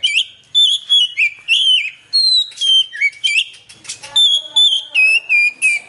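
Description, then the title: Oriental magpie-robin song: loud, varied whistled phrases, slurring and warbling, in steady bursts with brief pauses. "Kacer5"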